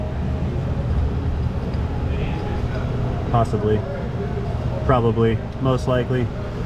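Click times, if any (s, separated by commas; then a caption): none. A plastic electrical connector is handled by hand at its mating socket on the engine of a Lexus GX 460 4.6 while engine-bay connectors are being reinstalled during high-mileage maintenance. Someone talks over a steady low rumble, with bursts of speech around 3.4 s and from about 4.9 to 6.2 s. Nothing has clicked or seated yet.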